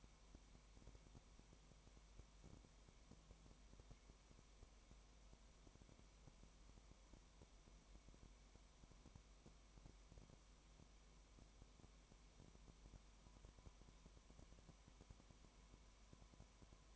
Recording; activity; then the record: daily activity, microphone in the room; no activity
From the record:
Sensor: 1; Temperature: 19.0 degrees Celsius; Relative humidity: 34.1%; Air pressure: 1001.3 hPa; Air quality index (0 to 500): 82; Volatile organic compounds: 1 ppm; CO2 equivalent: 821 ppm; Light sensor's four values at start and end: 1/2/1/1 and 1/2/1/1